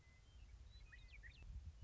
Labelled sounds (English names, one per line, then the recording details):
Western Meadowlark
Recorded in Sonoma County, California